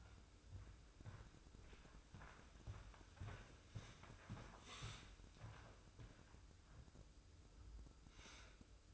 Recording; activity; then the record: daily activity, microphone in the room; walk to room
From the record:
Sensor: 2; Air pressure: 995.4 hPa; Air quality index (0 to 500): 81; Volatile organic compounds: 3 ppm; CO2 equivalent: 1454 ppm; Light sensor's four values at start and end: 23/75/30/28 and 23/74/29/28